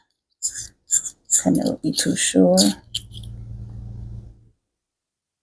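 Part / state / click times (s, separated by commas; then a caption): ink cartridge onto fountain pen section / seated / 3.0 s. A woman pushes an ink cartridge or converter onto a fountain pen's section a second time to be sure it is snapped all the way on, since she had heard a click before but was not sure. Someone talks, then a sharp click sounds at 2.9 s as it seats, followed by a faint low hum. The cartridge is confirmed seated.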